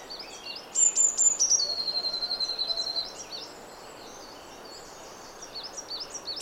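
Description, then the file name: Eurasian blue tit calling: high thin notes drop into a rapid, slightly descending trill, followed by a pause and scattered faint high chirps. "Cyanistes caeruleus"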